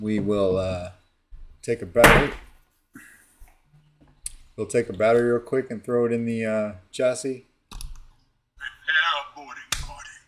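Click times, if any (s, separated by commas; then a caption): 9.7 s. A cylindrical battery is pressed into the removable chassis core of a Sabertrio Neopixel lightsaber while someone talks. A few soft knocks and handling sounds come before a sharp click at 9.7 s, when the battery snaps into the chassis and sits tightly in place.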